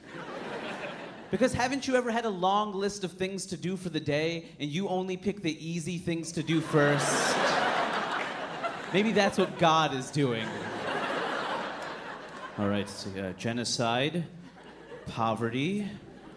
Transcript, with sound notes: Because haven't you ever had a long list of things to do for the day, and you only pick the easy things to do first?
(LAUGHTER)
Maybe that's what God is doing. All right, see, genocide, poverty,